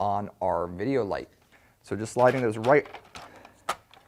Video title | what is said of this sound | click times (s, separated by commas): Using RGB Video Lights | on down and that will click into place here we'll do the same | 3.7 s